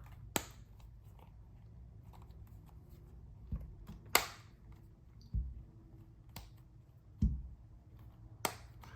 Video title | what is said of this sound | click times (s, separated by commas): ESR Cloud Soft Case (Halolock) For iPhone 15 Pro Max - BETTER Than The APPLE SILICONE? | Good corners, nice click on them. | 0.4 s, 4.2 s, 8.5 s